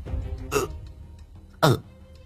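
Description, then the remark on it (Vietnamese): Two sharp, choked hiccup-like gasps from a man slashed open by a knife, about a second apart, the second louder and harsher, each a brief breathy catch in the throat with near quiet between them. “Nó nấc lên một tiếng, mặt cắt không còn giọt máu.”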